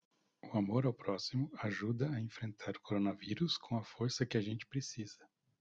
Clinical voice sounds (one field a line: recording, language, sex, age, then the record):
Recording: spoken sentence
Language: Brazilian Portuguese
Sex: male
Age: 40 to 49 years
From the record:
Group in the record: control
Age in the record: 46 years